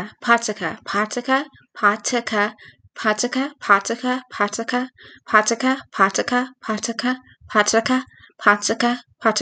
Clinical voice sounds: repeated syllables /pa ta ka/; female; 20 to 29 years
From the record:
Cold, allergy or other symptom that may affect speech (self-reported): no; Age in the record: 20 years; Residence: Pennsylvania, United States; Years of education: 14

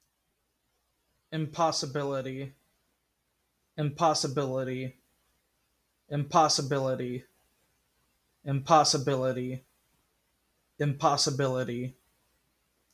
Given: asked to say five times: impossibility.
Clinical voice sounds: repeated word; male; 20 to 29 years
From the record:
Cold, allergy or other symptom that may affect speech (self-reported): no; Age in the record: 23 years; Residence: Illinois, United States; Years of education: 12

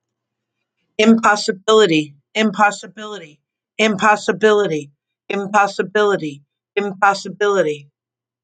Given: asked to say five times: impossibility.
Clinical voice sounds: repeated word; female; 50 to 59 years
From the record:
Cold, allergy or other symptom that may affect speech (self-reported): no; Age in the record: 58 years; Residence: Florida, United States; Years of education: 20

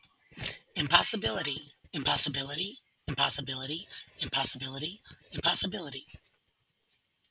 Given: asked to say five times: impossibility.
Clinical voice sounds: repeated word; female; 50 to 59 years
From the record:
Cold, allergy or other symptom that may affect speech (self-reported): no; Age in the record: 50 years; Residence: Mississippi, United States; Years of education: 14

